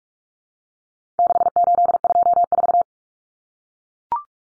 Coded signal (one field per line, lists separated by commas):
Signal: Morse code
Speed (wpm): 44 wpm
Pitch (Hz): 700 Hz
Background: none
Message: 6824